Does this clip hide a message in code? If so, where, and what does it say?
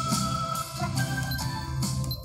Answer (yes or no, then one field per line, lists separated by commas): no